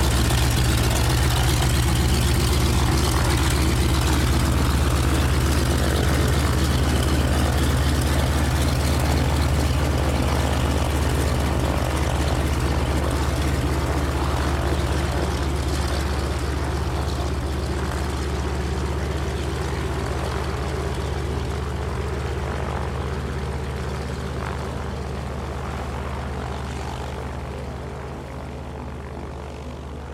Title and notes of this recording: De Havilland Canada DHC - 2 Beaver. Single prop, piston-driven, STOL bush plane